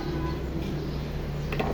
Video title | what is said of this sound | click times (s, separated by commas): Aneng M118A Auto Range multimetr unboxing/Review and comprison with Uni-T 203 multimeter Urdu/Hindi | ये लॉक हो गई है। | 1.6 s